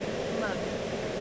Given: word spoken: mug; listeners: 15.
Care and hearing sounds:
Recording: one English word in noise, from a listening test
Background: speech-shaped noise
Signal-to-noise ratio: -6.7 dB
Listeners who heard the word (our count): 3 of 15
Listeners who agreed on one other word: 6 of 15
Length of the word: 0.80 s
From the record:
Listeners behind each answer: 6, 3, 3, 2, 1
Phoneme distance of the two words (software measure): 10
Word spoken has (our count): 1 syllable, 3 phonemes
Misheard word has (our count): 1 syllable, 3 phonemes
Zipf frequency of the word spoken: 3.93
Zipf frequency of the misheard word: 5.46

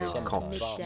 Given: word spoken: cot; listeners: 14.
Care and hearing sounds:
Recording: one English word in noise, from a listening test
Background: four-talker babble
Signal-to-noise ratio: 0.8 dB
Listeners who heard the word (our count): 3 of 14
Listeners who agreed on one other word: 6 of 14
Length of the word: 0.46 s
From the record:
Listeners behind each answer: 6, 3, 2, 1, 1, 1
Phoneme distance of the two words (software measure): 7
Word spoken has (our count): 1 syllable, 3 phonemes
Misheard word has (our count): 1 syllable, 4 phonemes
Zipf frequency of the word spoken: 3.45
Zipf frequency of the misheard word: 5.17

